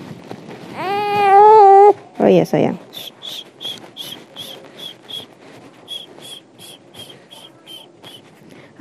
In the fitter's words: bags Arabnya lalu kita pasang sama bunyi klik eh